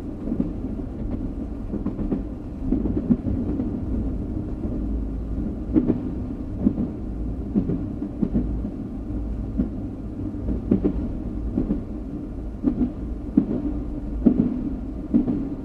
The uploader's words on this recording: Train Sound For Sleep - White Noise.